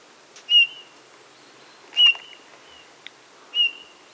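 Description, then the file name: Eurasian bullfinch giving three soft piping whistles, evenly spaced, with faint quieter notes and a small tick between them. "Pyrrhula pyrrhula"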